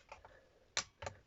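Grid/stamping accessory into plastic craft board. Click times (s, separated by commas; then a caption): 0.8 s. An accessory piece, a grid or stamping guide, is pressed onto a plastic We R Memory Keepers all-in-one craft board. A few faint ticks are followed by one sharp, loud click at 0.8 s, then a softer tick near 1.1 s. The accessory clips into place on the board.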